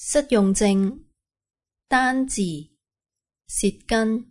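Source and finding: Woman speaking. Apraxia of speech.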